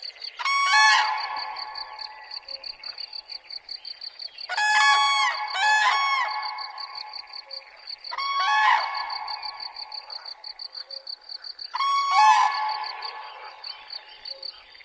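Bird calling in loud, harsh, multi-note bursts about every four seconds, with crickets pulsing steadily throughout.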